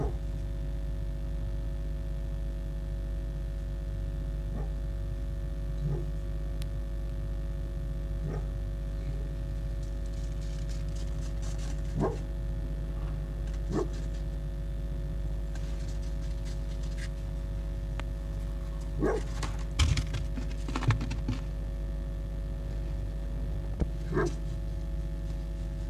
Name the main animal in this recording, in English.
Red Fox